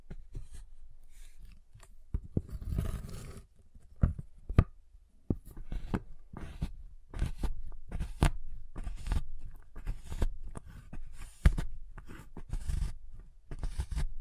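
A giant chocolate bar is tapped, cut and snapped in a quick, uneven run of sharp clicks and crunchy cracks, with a heavier scraping burst near three seconds.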